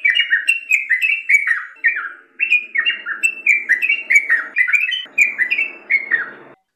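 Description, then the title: Yellow-vented bulbul song: quick series of bright, bubbly downslurred phrases in bursts with brief gaps, faint low buzzy noise underneath. Ropel song style. "Trucukan Ropel"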